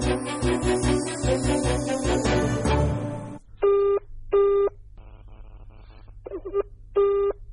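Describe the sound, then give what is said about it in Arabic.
A loud, clattering burst of rapid telephone dialing, then a steady mid-pitched electronic ringing tone sounding in short repeated pulses with brief gaps between them. “ألو إيه ده؟ مش ده تليفون”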